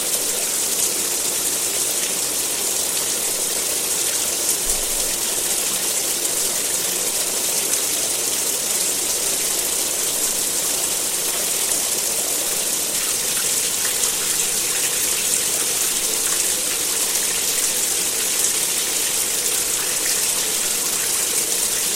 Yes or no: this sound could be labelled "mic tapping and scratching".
no